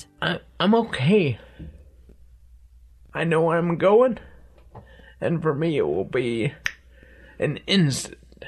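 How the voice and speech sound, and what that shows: An adult man speaks a few short phrases slowly, with long pauses, drawn-out vowels, heavy nasal resonance and a creaky, strained voice. The slurred, effortful speech is dysarthria from aggressive bulbar-onset ALS, which begins in the tongue, lips and throat; his slurred speech has worsened over less than four months, and swallowing is becoming an issue.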